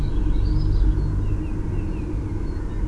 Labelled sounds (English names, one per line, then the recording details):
Great Tit
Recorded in Germany
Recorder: ecoPi